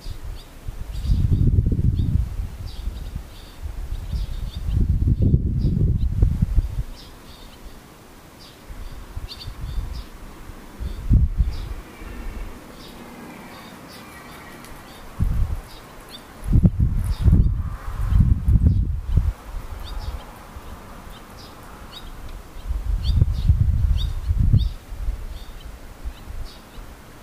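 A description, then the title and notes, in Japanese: Swallows twitter throughout in thin, high chirps that come in quick, scattered runs. Heavy low rumbling bursts, like gusts of wind, break in several times, around 1, 5, 11, 16 to 19, and 23 seconds, briefly swamping the calls. ツバメ。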